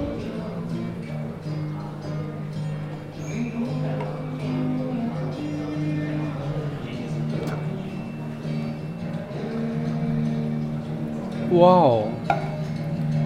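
Sitting in a café: a steady murmur of overlapping voices with a low, constant hum beneath, the level holding fairly even throughout. Just before the twelfth second a brief rising, wavering tone stands out, followed by a sharp knock, then the chatter carries on.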